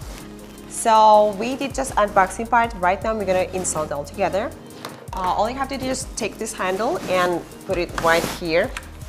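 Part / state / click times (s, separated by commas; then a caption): handle into cordless floor cleaner body / not seated / none. A person talks over faint background music while holding the handle of a Redkey W12 cordless wet/dry floor cleaner, ready to push it into the main body during assembly. The handle has not yet been pushed home, and nothing has seated or clicked yet.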